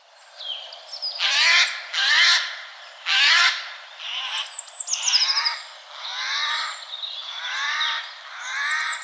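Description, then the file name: Eurasian jay calls: a string of loud, hoarse screeches and rasping squawks, some in quick pairs. Faint high whistles from other birds sound in the background. "Garrulus glandarius"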